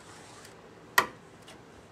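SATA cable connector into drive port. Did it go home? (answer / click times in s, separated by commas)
yes / 1.0 s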